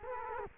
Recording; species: mosquito wingbeat signal from an infrared sensor; Culex quinquefasciatus